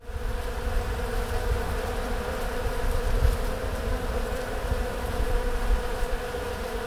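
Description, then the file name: Honey bee swarm, a constant droning buzz of many insects with a steady mid-pitched tone and gentle low rumble beneath. "Eixam D Abelles"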